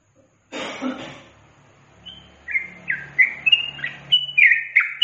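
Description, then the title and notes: Yellow-vented bulbul song: after a brief rushing noise burst and low hum, a quick sequence of sharp, slurred chirps runs to the end. Tutor song for training captive birds, with tembakan and ropel song styles. "MASTERAN Trucukan Tembakan Dan Ropel. BURUNG TRUCUKAN"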